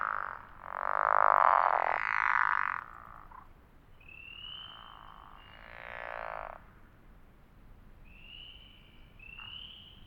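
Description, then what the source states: Pickerel frogs producing grating snore-like croaks in two bouts, the second softer and ending by about 6.5 seconds, while thin high chirps repeat in the background. Several pickerel frogs recorded at Elliott Mountain in 2006.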